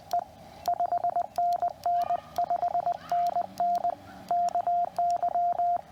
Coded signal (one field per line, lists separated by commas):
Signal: Morse code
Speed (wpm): 20 wpm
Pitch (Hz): 690 Hz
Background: radio noise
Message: E 5NN 5NN KY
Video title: QRP DX: CW POTA WITH MY NEW QMX @ OLD FORT HARROD #parksontheair #cw #hamradio